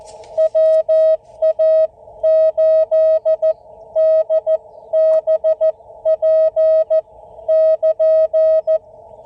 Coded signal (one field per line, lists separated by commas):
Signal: Morse code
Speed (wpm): 15 wpm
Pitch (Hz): 620 Hz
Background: none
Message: WA8DBP<KN>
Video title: POTA Activation, US-4954 Russell-Shea State Forest